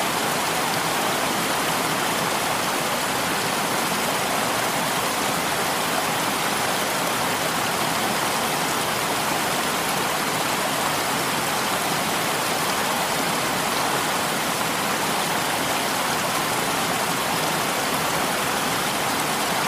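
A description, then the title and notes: A waterfall pours steadily into a stream, a dense, unbroken rush of water that never changes across the twenty seconds. The sound is bright and hissing, full in the upper range with only a light low rumble, and close by, with no other sounds. Relaxing Waterfall White Noise With Stream Water Sounds.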